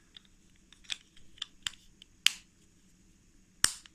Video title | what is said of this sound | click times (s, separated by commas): Mazda CX5 Keyfob battery change - easy! | quite satisfying click see I've caused a bit of minor damage on the side | 2.3 s, 3.6 s